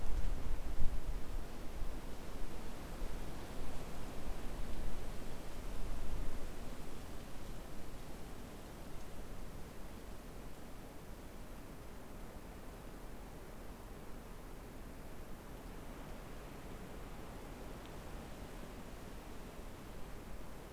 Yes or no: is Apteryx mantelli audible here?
no